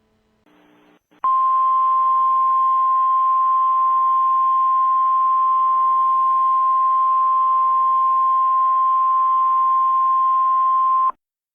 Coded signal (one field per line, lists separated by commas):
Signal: Emergency Alert System (SAME) tones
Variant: 1050 Hz attention tone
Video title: EAS Scenario #15 - The Moon is Falling: Redone Edition